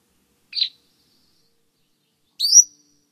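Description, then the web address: Cordilleran flycatcher calls: a brief high chip followed after two seconds by a sharp, upslurred whistled note, with silence around them. Recorded in North America. "Songs of Birds of North America Stokes. Cordilleran Flycatcher"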